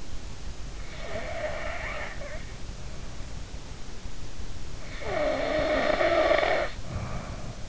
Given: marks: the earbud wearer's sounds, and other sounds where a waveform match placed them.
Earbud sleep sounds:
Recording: sounds in sleep by an in-ear microphone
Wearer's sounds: snoring breath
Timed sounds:
1.10-2.56 s: snoring breath
4.93-7.69 s: snoring breath

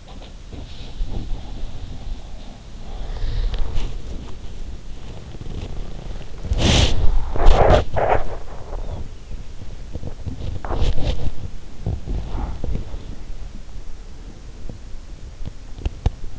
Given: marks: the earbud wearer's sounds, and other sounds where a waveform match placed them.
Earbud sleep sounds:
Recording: sounds in sleep by an in-ear microphone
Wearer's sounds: body movement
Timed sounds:
0.90-16.39 s: body movement

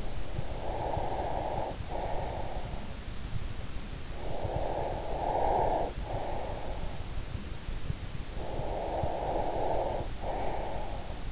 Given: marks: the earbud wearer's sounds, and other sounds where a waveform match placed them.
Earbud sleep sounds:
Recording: sounds in sleep by an in-ear microphone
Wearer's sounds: breath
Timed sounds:
0.00-3.05 s: breath
4.22-7.18 s: breath
8.31-11.32 s: breath

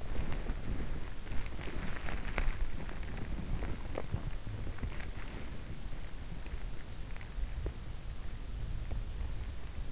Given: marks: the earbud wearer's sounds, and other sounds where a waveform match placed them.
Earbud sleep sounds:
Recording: sounds in sleep by an in-ear microphone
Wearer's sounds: body movement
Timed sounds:
0.00-4.80 s: body movement

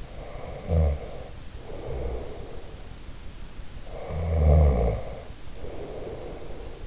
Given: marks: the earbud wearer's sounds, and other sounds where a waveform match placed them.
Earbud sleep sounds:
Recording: sounds in sleep by an in-ear microphone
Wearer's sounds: snoring breath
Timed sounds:
0.18-2.61 s: snoring breath
3.64-6.86 s: snoring breath

